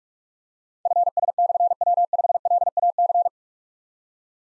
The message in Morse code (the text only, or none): FS/W5LAC